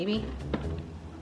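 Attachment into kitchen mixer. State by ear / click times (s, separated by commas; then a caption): not seated / none. An attachment, probably a mixer beater, is fitted into a kitchen mixer while making a slow cooker cheesecake, with someone talking over a low hum and a brief soft knock near 0.5 s. The attachment has not clicked in yet.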